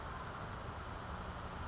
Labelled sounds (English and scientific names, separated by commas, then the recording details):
California Towhee (Melozone crissalis)
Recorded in Sonoma County, California